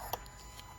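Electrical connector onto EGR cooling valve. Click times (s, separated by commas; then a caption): 0.1 s. An electrical plug housing that had fallen off is pushed back onto the EGR cooling valve on an Audi. It gives a sharp click at 0.1 s as the connector seats and its small lock engages. A fainter tick follows near 0.6 s over low steady background noise, and the connector is confirmed locked in place.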